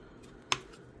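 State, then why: Seated. A plastic middle case section is pressed onto the Raspberry Pi 4B case base, and a single sharp, short click at 0.5 s shows it snapping into place. The section is seated.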